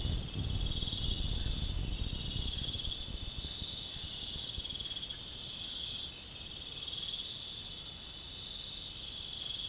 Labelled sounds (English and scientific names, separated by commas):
none